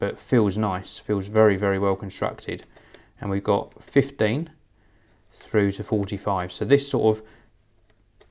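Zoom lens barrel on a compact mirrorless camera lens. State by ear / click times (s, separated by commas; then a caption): seated / 8.2 s. Someone talks about the small, light plastic 06 15-45mm zoom lens for the Pentax Q10 compact mirrorless camera, then twists the lens barrel out of its collapsed position, stiff up to a point. A faint tick follows, and at 8.2 s the zoom barrel clicks into its shooting position.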